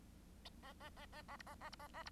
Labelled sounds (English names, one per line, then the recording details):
Bengalese Finch song
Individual Bird1